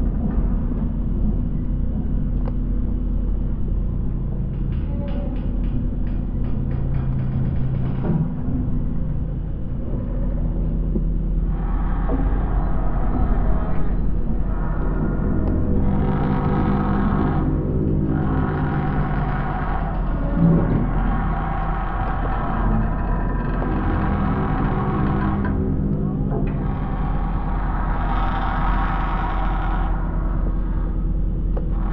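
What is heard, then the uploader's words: Floating pontoons shift on the water, giving a constant low rumbling drone with slow tonal groans layered through it. From about 13 seconds, brighter metallic moaning swells rise and fade in repeated bursts, with occasional faint clanks and ticks early on. The eery-strange chaotic sounds made by floating pontoons moving in response to watery energies. In mid-winter this year, I went down to a favourite pontoon that floats alongside the Sydney Opera House at a place named the Man O’War Steps.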